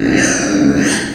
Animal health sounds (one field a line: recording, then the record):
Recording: squeal of a Yucatan mini pig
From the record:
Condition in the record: before surgery on the right vocal fold (resection and tissue-engineered implant)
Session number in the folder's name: 3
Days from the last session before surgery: 0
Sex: female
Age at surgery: 19 weeks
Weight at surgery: 25 kg